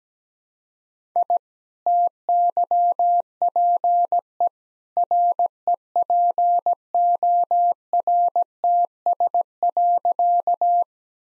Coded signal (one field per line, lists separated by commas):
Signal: Morse code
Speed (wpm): 17 wpm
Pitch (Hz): 700 Hz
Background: none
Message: I TYPE REPORTS.